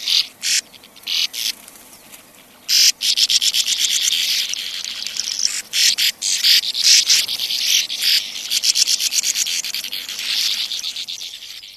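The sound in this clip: Sand martin calls: harsh, buzzy rasping bursts, some short and separate, others running together into a dense twittering chatter in the middle.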